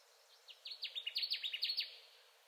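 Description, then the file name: Connecticut warbler delivering a brisk, chanting run of sharp repeated notes, each sliding downward, for about a second and a half, then silence. Recorded 10 June 2021; the recording holds seven songs. "2021-06-10-Connecticut Warbler 7 songs"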